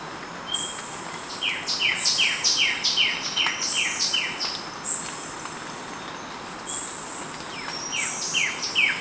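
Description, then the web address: Sepia-brown wren calling, a run of short down-slurred notes repeated steadily, mixed with higher bursts over a constant hiss. Recorded in Ecuador. "Birds of Ecuador. Sepia-brown Wren"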